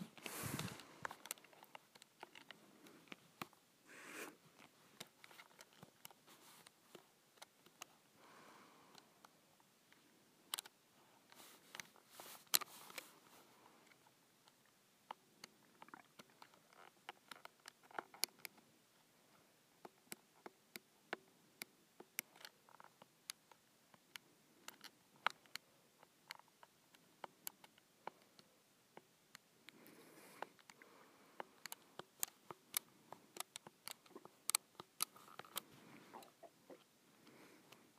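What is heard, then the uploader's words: Calculator buttons are pressed in an uneven rhythm, producing short, bright clicks that come in quick bursts with brief pauses between. A louder rustle or knock opens the recording, and the pressing continues steadily throughout over a faint, quiet hiss. ASMR Punching in Numbers on my Calculator.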